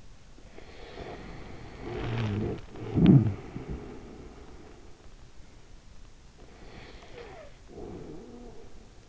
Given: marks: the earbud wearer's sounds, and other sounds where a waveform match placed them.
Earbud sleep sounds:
sounds in sleep by an in-ear microphone; snoring breath
0.55-4.69 s: snoring breath
6.18-9.09 s: snoring breath

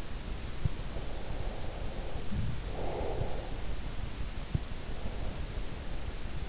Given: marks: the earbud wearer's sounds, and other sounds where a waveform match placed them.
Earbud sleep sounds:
sounds in sleep by an in-ear microphone; breath
0.42-3.84 s: breath

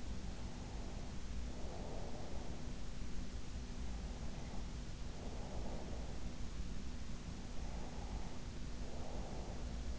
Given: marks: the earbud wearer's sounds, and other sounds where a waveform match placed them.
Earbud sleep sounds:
sounds in sleep by an in-ear microphone; breath
0.00-2.77 s: breath
3.68-6.26 s: breath
7.49-9.99 s: breath

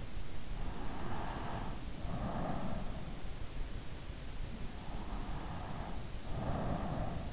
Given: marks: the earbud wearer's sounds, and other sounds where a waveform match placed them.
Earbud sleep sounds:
sounds in sleep by an in-ear microphone; breath
0.59-3.11 s: breath
4.59-7.33 s: breath

